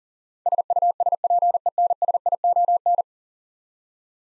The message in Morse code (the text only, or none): SUSPENSION